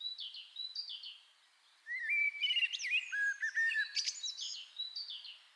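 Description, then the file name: Common blackbird singing a mellow warbled phrase that breaks into high scratchy twittering. "Turdus merula"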